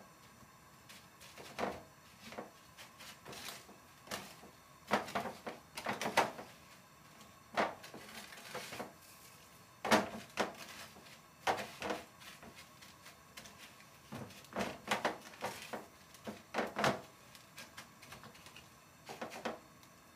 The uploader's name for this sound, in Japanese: 揚げ物の音